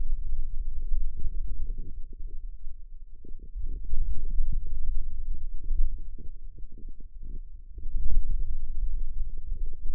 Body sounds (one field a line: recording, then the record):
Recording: forearm muscle sounds (acoustic myography)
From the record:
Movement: hand closing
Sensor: system 2, bracelet of six BSWA MPA416 microphones around the upper forearm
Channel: 6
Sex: female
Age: 21 years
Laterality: right